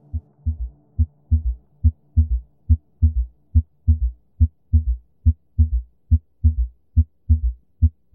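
Heart auscultation: an adult's heart sounds heard through a stethoscope.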